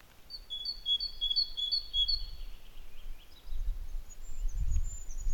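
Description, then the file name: Great tit song: several clear two-note phrases repeated briskly, then soft rising chirps and thin high notes from another bird, with low rumble. "Parus major"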